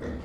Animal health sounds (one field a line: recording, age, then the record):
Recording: pig call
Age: growing-finishing pig (85 days or more)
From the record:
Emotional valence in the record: negative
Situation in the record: barren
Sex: male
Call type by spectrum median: low-frequency call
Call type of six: low-frequency stable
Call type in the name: low-frequency stable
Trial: 2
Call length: 0.24 s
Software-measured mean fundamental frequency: 74 Hz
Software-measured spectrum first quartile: 146 Hz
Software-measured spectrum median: 306 Hz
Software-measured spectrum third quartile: 628 Hz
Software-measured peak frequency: 244 Hz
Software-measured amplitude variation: 98 dB a second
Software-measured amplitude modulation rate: 20.5 a second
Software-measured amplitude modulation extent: 4.8 dB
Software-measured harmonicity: -2.4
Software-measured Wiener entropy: -0.29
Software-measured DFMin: 1067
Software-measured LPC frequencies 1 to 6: 428, 1288, 1900, 3501, 4895, 5857 Hz